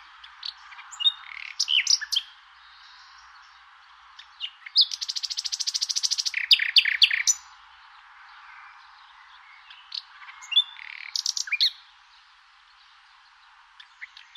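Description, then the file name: Common nightingale song in varied bursts: scattered chirps and whistles, then a long rapid machine-gun run of identical notes, followed by more jumbled phrases and pauses. "rossignol"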